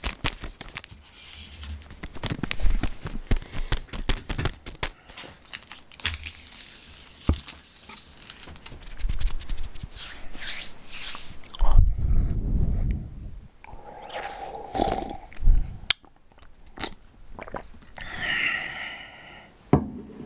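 Someone eating food, with dense crinkly crunching and clicking bursts through the first twelve seconds. After that the sound turns sparser and lower, with soft thumps, brief tonal squeaks around fifteen and eighteen seconds, and a sharp click near the end.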